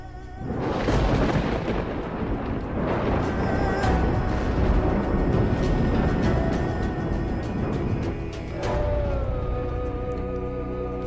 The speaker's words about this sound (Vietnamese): Lôi điện cuồn cuộn phủ đầy trời, toàn bộ sơn cốc lôi điện ầm vang.